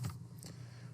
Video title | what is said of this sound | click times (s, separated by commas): Unit 7 - CPU Replacement. | and ours just locks into place | 0.4 s